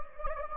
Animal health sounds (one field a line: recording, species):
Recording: mosquito wingbeat signal from an infrared sensor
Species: Anopheles gambiae